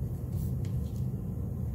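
A wiper blade adapter on a 2010 Honda Accord is slid up onto the J-hook wiper arm and lined up, before being pulled firmly to latch. Over a steady low rumble, only a few faint handling noises are heard. Nothing has clicked or latched yet.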